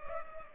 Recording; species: mosquito wingbeat signal from an infrared sensor; Culex pipiens